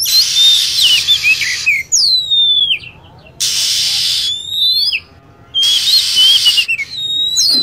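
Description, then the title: Lovebird calling, with long harsh hissing bursts broken by clear, high whistled notes that slide downward, repeated several times. Lure sound used for attracting lovebirds. "PIKAT BURUNG LOVEBIRD"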